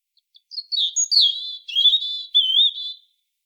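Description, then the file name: European robin song: a thin, high phrase opening with two faint ticks, then sliding whistles and wavering trills for about two and a half seconds, with a clean, quiet background. "Erithacus rubecula"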